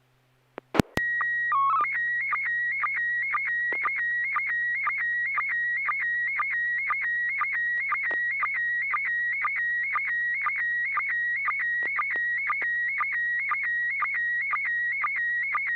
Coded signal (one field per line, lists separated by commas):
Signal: SSTV (slow-scan television)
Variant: PD 120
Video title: N6NA SSTV Net - 02/19/2025